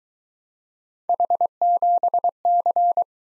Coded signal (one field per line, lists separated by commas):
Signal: Morse code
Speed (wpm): 21 wpm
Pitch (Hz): 700 Hz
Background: none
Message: H7C